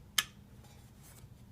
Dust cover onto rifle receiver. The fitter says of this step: the best cover on and then you can just actually hit that and it pops right into place alright